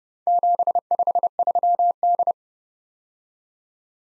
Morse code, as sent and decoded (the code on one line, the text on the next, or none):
--... ..... ...-- -..
753D